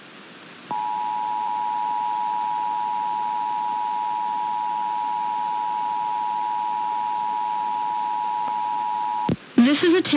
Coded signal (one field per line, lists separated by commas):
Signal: Emergency Alert System (SAME) tones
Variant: 853 and 960 Hz attention tone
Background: speech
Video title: A Long Testing Tuesday (EAS #22838-22899) 10/8/24